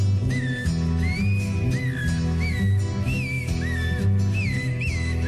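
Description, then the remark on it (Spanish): A person whistles an imitation of a thrush's song: a series of short, bright, gliding phrases that rise and dip, played over steady instrumental music with no talking. “El zorzal.”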